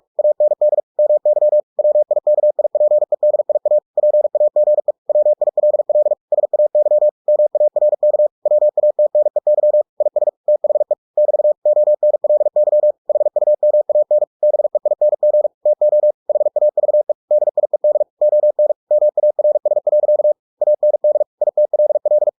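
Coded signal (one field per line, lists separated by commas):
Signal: Morse code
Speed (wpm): 46 wpm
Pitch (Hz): 600 Hz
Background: none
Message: AND MY WIKIPEDIA PAGE WILL SAY MARK WATNEY IS THE <BT> ONLY HUMAN BEING TO HAVE DIED ON MARS. AND ITLL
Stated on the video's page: Computer-generated Morse at 45 WPM, converted from a book with ebook2cw, for head-copy practice.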